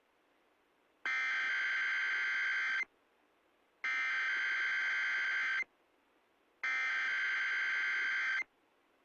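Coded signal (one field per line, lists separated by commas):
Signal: Emergency Alert System (SAME) tones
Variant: header bursts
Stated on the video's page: Required Weekly Test broadcast on station WMT.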